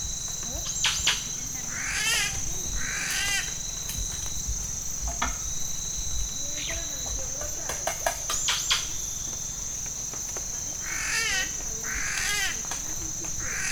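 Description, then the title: Yellow-rumped cacique song: varied rasping and warbled phrases at irregular intervals, over a steady high insect drone. In Amacayacu National Natural Park, Amazonas, Colombia; mimics other birds, frogs and even the sound of a machete being sharpened. "Parque Nacional Natural Amacayacu, Amazonas, Colombia - Pájaro Arrendajo"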